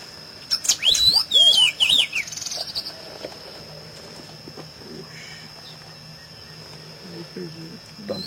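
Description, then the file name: Masked yellowthroat song: a quick burst of twisting, whistled notes lasting under two seconds, over a steady high insect-like hum. "Canto do pedro ceroulo"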